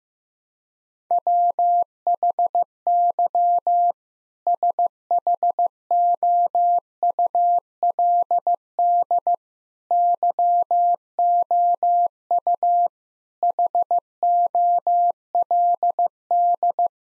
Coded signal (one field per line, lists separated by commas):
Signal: Morse code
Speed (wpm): 15 wpm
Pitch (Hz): 700 Hz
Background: none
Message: WHY SHOULD YOU HOLD